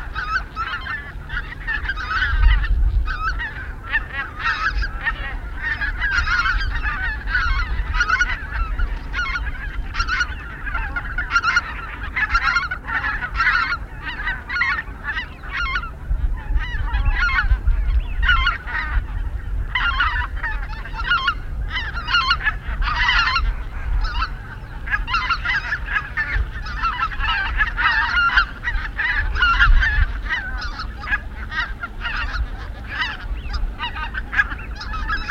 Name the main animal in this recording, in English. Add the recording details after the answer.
Greater White-fronted Goose. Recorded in the wild. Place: Zingst, Insel Kirr, Mecklenburg-Vorpommern, DE. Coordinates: 54.418, 12.714. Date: 1979-10-18 19:50. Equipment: Nagra III BH, Sennheiser MD 21, parabola. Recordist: Schubert, Michael